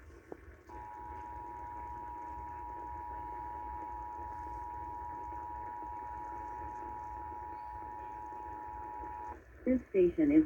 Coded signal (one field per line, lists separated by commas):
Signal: Emergency Alert System (SAME) tones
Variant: 853 and 960 Hz attention tone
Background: speech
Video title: Spooky Late Night Tests | EAS Tests From 10/5/2021 (EAS #967-976)